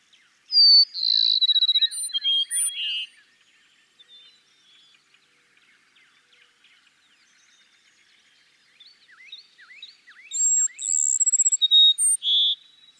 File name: Cassins's Sparrow